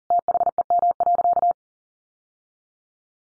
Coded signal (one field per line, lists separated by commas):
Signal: Morse code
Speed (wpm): 40 wpm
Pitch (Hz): 700 Hz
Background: none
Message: THEM.